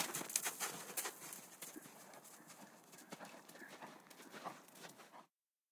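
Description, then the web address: Horse galloping over soft ground, a rapid, uneven patter of muffled hoofbeats with sandy scuffing, stopping abruptly near the end. Galloping outside in sand. "G 4 F SFX - Horses G 4 F SFX 06-HORSES"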